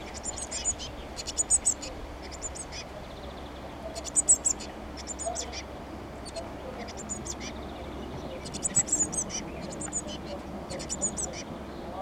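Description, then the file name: Eurasian blue tit calls, thin high-pitched chittering notes in short clusters that come roughly every one to two seconds over a steady low hum. "Cyanistes caeruleus"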